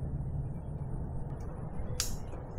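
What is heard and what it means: An electrical plug is pushed back onto the fuel filter connector of a Yamaha outboard motor during a 100-hour service. Against a steady low background, one sharp click sounds at 2.0 s, and the plug is seated and secure.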